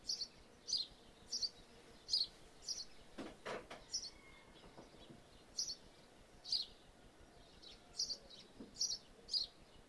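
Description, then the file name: Birds giving short, high chirps, repeated roughly every half second to second, with a few low thumps and knocks in the middle. Birds feeding in a roof space; stereo recording. "ambience birds in roof space feeding"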